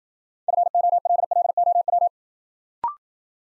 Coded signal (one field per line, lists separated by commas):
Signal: Morse code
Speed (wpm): 53 wpm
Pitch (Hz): 700 Hz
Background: none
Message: FOLLOW